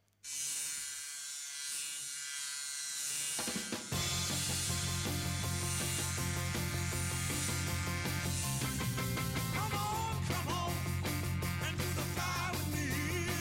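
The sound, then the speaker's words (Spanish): A stereo sound effect imitating a buzzing fly drones alone for a few seconds at the start of a song, a steady, nasal whirr, before a full band with drums and bass kicks in loudly, the buzz continuing beneath the music. “Y además fue muy innovadora por el efecto sonoro que podéis escuchar al principio, a mitad y al final de la canción, que es un efecto sonoro que es estereofónico, que imita el efecto de una mosca.”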